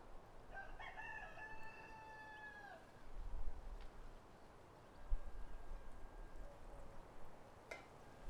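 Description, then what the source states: Rooster crowing once, a drawn-out harmonic crow lasting about two seconds, followed by low rumbling noise and a sharp click near the end. Countryside atmosphere.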